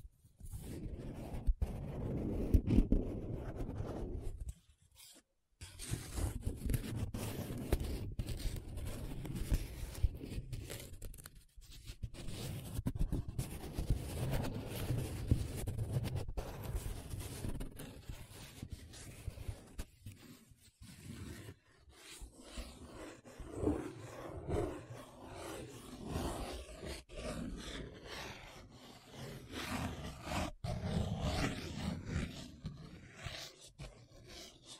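Paper being traced, scratched and rubbed, heard as a continuous rough, grainy friction that swells and eases in uneven strokes. Brief sharp breaks of near silence fall around 5, 11, 20 and 22 seconds, and the rubbing turns lighter and more broken up in the last third.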